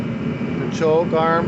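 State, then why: Not seated. While reassembling the carburetor of a Stihl TS400 cut-off saw, the plastic choke arm is being handled before it is pushed onto the carburetor into its metal detent springs. Someone talks over a steady low hum, and nothing has seated or clicked yet.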